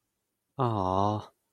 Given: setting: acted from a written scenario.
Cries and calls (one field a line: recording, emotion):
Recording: vocal sound without words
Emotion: adoration